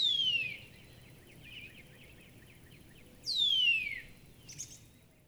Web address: songs Northern Cardinal